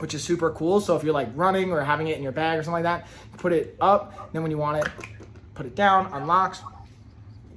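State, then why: Not seated. Someone talks while handling the flip straw of a 64-ounce plastic water bottle, moving it toward the locking mechanism on the lid. The straw has not yet snapped into its locked position, and nothing has seated or clicked yet.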